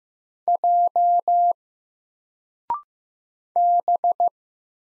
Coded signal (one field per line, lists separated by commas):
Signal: Morse code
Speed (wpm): 15 wpm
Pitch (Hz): 700 Hz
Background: none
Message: J B